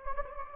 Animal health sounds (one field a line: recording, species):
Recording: mosquito wingbeat signal from an infrared sensor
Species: Anopheles gambiae